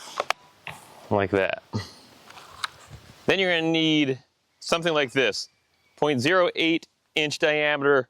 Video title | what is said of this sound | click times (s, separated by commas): How to replace RELOAD STRING on Kobalt 24V string trimmer! | And you just press it down until it clicks into place, like that. | 0.3 s